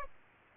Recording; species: mosquito wingbeat signal from an infrared sensor; Aedes aegypti